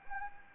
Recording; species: mosquito wingbeat signal from an infrared sensor; Anopheles gambiae